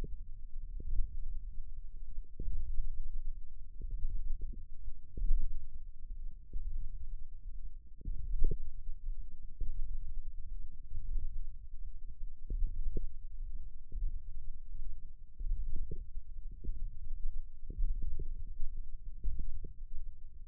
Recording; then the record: forearm muscle sounds (acoustic myography)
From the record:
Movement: radial deviation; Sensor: system 1, eight BSWA MPA416 microphones around the upper forearm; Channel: 6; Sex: female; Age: 21 years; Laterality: right